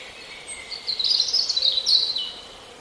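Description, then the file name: European robin giving a single thin, high warbling phrase of quick tumbling notes, over steady background hiss. "Erithacus rubecula"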